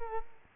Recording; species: mosquito wingbeat signal from an infrared sensor; Culex quinquefasciatus